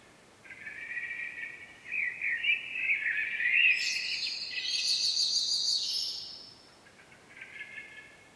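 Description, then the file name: Common blackbird song, a fluty warble breaking into thin, high twitters, followed by a fainter second phrase near the end. "Turdus merula"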